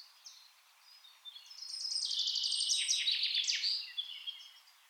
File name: Fringilla coelebs